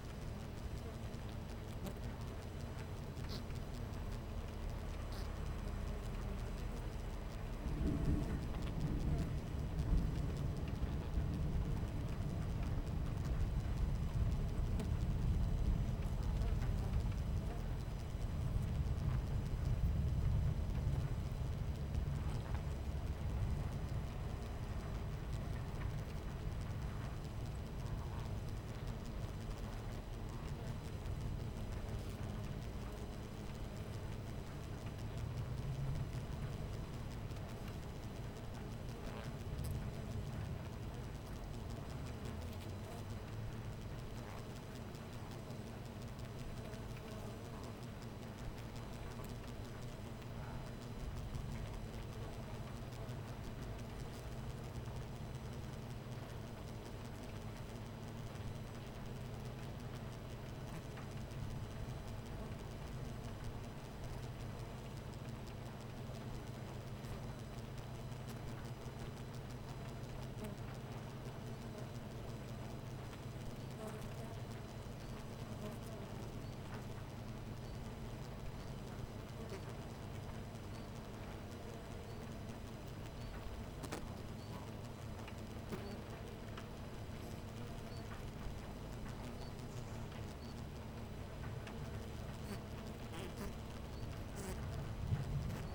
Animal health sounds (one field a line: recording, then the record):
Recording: honeybee colony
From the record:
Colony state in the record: missing queen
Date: 14 July 2017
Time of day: 11:38